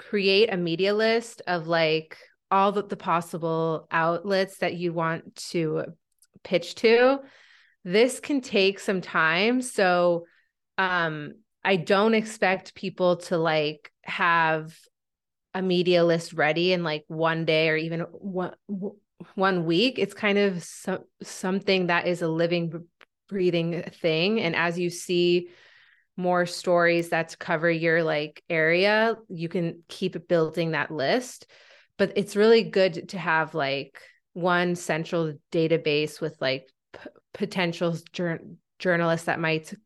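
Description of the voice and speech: An adult woman who stutters speaks conversationally on a disfluent day when she is stuttering a lot. Stretched sounds, part-word repetitions such as "some-something" and "jour-journalists," and frequent pauses interrupt the flow. These are stuttering disfluencies: sound prolongations, consonant repetitions and blocks.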